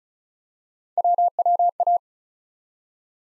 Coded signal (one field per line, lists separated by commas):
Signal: Morse code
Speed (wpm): 36 wpm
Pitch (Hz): 700 Hz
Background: none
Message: WWA